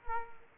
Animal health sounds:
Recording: mosquito wingbeat signal from an infrared sensor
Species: Culex quinquefasciatus

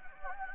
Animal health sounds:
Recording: mosquito wingbeat signal from an infrared sensor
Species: Anopheles gambiae

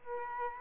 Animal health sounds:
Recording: mosquito wingbeat signal from an infrared sensor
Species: Culex quinquefasciatus

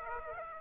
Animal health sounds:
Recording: mosquito wingbeat signal from an infrared sensor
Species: Aedes aegypti

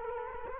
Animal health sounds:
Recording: mosquito wingbeat signal from an infrared sensor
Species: Culex quinquefasciatus

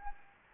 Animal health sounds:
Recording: mosquito wingbeat signal from an infrared sensor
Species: Anopheles gambiae

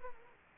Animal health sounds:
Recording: mosquito wingbeat signal from an infrared sensor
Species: Aedes aegypti

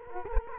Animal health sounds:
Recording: mosquito wingbeat signal from an infrared sensor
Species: Culex quinquefasciatus

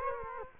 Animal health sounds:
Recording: mosquito wingbeat signal from an infrared sensor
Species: Culex quinquefasciatus

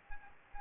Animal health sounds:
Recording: mosquito wingbeat signal from an infrared sensor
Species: Anopheles gambiae

